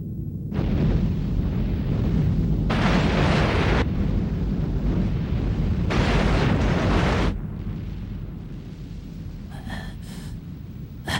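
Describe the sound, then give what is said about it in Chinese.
Explosives, set off by the attackers themselves, detonate in a heavy, sustained roar of low rumbling, with two sharper bursts of crackling blast noise before the rumble fades and a few faint pops trail off at the end. “哦，他们好像自己引爆炸药了。”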